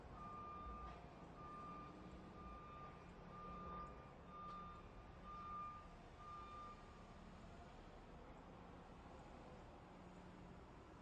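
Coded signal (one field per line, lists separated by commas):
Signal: alarm pattern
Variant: truck back-up alarm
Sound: steady repeating high beeps about once a second over a rumbling engine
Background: diesel engine rumble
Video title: 현장음, Spot Sound, Truck Beeping, 3분 53초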